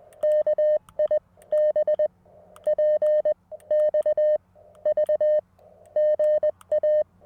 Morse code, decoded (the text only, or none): KI B PX V GA